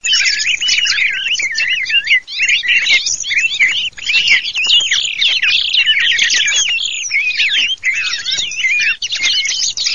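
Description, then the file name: Thrush song: a dense, continuous stream of varied whistled and twittering phrases, quick high notes tumbling over one another with barely a pause throughout. "TORDO"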